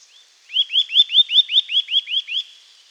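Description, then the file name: Eurasian nuthatch giving a quick series of about ten clear, upslurred whistled notes, evenly spaced and steady in pitch, then silence. "Sitta europaea"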